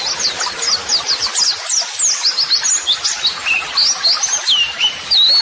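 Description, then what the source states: White-eye song, rapid high chirps followed by several clear, slurred whistles that dip and rise, over constant twittering. White-eye (pleci) singing vigorously ('gacor'); song used as a model (masteran) for training other birds.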